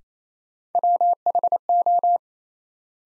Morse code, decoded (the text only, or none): WHO